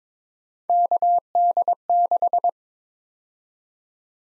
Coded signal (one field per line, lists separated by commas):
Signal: Morse code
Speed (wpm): 22 wpm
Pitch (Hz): 700 Hz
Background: none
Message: KD6